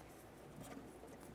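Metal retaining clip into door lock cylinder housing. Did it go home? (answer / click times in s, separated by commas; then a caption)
no / none. A metal retaining clip is handled and slid in between the door and the lock cylinder of a 2001–2005 Ford Explorer Sport Trac to hold the cylinder in place. Only faint, low-level handling noise and soft rustling are heard. Nothing has seated or clicked yet.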